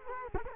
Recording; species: mosquito wingbeat signal from an infrared sensor; Culex quinquefasciatus